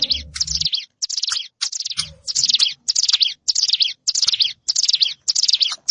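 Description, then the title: Prinia singing a steady run of high, buzzy, wheezing notes, each burst repeated at a quick, even pace with brief pauses between. Recorded in a rice field. "Ciblek Sawah 1"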